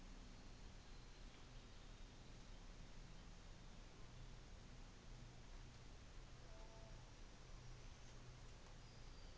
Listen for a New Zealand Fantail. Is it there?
no